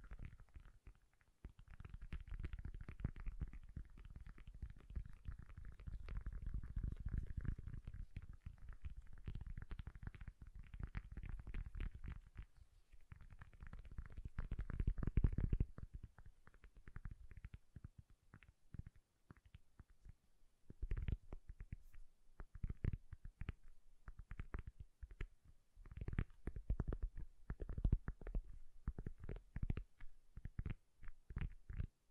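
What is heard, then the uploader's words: Soft, bassy tapping, dense and rumbling for the first fifteen seconds, then sparser clusters of quick taps with short pauses between. ASMR Bassy and Soft Tapping Sounds.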